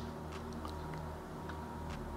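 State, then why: Not seated. A RAM module is brought tilted at an angle into the SO-DIMM slot of an ASUS VivoBook 15 X1502ZA laptop and lined up with the key notch before being pressed down. Faint handling scrapes and taps sit over a steady low hum, with one brief tap at 0.7 s. The module has not been pressed down and has not seated or clicked yet.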